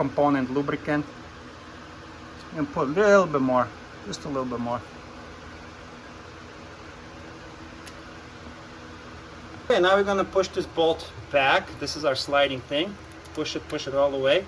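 During a front brake pad replacement on a 2017–2022 Lexus RX 350, the brake caliper's metal slide pin is greased and then pushed back into its bore in the caliper bracket while someone talks over a steady low background hum. A single small hit sounds at about 7.9 s during a quiet gap, and nothing has seated or clicked yet.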